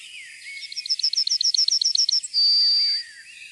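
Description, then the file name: Yellowhammer song: a brisk run of high, repeated chips ending in a long, sustained whistle, with soft calls of other birds behind. "gulspurv"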